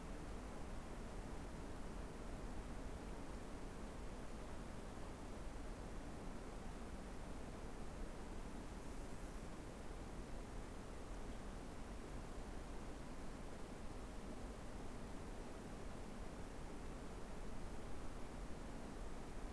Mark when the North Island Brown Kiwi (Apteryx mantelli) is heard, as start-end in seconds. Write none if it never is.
none